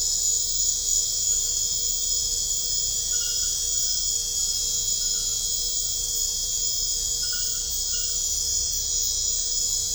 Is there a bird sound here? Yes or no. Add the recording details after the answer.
no. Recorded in secondary vegetation near Puerto Asís, Putumayo, Colombia, on 21 December 2024 at 21:00. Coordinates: 0.498, -76.327. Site GP07